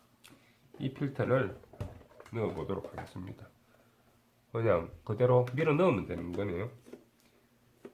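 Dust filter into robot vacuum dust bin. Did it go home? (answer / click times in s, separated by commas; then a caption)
yes / 7.8 s. Someone talks while pushing the dust filter straight into the plastic dust bin of a Danhul NR15-series robot vacuum, with a few faint knocks near the end. The filter clicks into place at 7.8 s and is seated.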